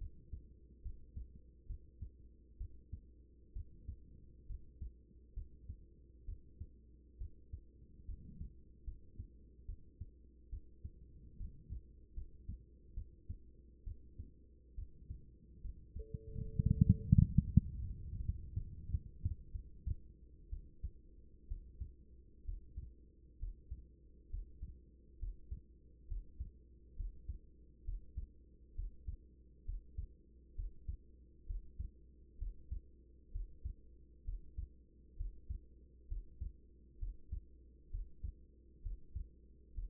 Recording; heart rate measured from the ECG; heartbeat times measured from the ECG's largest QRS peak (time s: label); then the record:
heart sounds by stethoscope; 68 bpm
0.82 s: heartbeat
1.66 s: heartbeat
2.57 s: heartbeat
3.53 s: heartbeat
4.46 s: heartbeat
5.33 s: heartbeat
6.25 s: heartbeat
7.18 s: heartbeat
8.05 s: heartbeat
8.84 s: heartbeat
9.65 s: heartbeat
10.49 s: heartbeat
11.37 s: heartbeat
12.14 s: heartbeat
12.94 s: heartbeat
13.84 s: heartbeat
14.75 s: heartbeat
15.61 s: heartbeat
16.38 s: heartbeat
17.12 s: heartbeat
17.80 s: heartbeat
18.54 s: heartbeat
19.52 s: heartbeat
20.49 s: heartbeat
21.47 s: heartbeat
22.44 s: heartbeat
23.38 s: heartbeat
24.29 s: heartbeat
25.18 s: heartbeat
26.07 s: heartbeat
26.95 s: heartbeat
27.84 s: heartbeat
28.74 s: heartbeat
29.64 s: heartbeat
30.55 s: heartbeat
31.46 s: heartbeat
32.38 s: heartbeat
33.31 s: heartbeat
34.24 s: heartbeat
35.16 s: heartbeat
36.07 s: heartbeat
36.98 s: heartbeat
37.90 s: heartbeat
38.82 s: heartbeat
39.73 s: heartbeat
From the record:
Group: healthy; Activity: rest 0-18 s, breath hold 18-40 s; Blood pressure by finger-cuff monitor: 117/77 mmHg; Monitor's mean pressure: 91 mmHg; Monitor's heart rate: 66 bpm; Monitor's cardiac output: 5.7 L/min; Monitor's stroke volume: 81 mL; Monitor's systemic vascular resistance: 1140 dyn s/cm5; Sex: female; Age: 24 years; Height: 163 cm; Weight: 55.7 kg